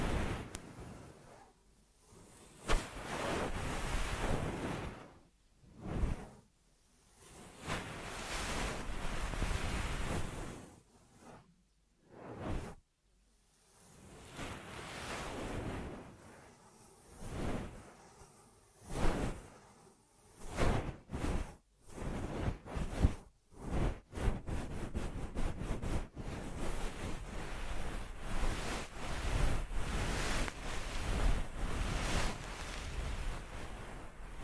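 Ear massage sounds: rushing, whooshing rubs that swell and cut off, separated by brief silences. Through the first twenty seconds the strokes are long and slow. After that they turn short and choppy, then settle into a steady, unbroken rubbing for the last several seconds.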